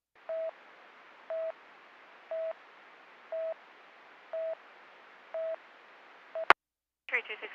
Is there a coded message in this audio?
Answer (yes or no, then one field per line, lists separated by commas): no